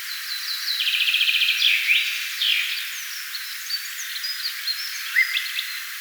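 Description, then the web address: Song thrush singing short, varied phrases, including one quick repeated note series, behind a steady hiss. First song thrush song of this spring, recorded 25 April 2025. "25 4 2025 ensimmaisen laulurastaan laulua tana kevaana"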